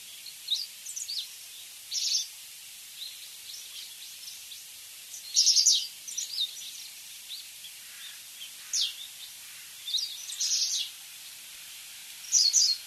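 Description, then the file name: Japanese wagtail song: several short, high, scratchy bursts of notes at irregular intervals over a faint steady hiss. "segurosekirei"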